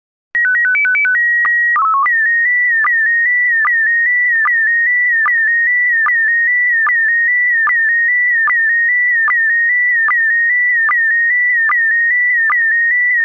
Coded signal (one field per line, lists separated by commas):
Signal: SSTV (slow-scan television)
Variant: PD 160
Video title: Slow Scan Radio, 19 September 2018, with SSTV and data